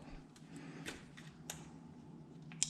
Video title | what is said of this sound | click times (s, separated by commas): EJK Install WR250R | Excuse me, you got your snap for plug 2. There we go, there's your click. | 2.6 s